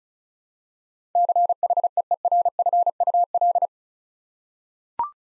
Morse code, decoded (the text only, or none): CHEERFUL